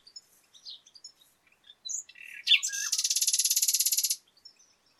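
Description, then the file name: Common nightingale song: soft scattered notes and chatter building into a loud, rapid, rattling trill lasting over a second. "Luscinia megarhynchos"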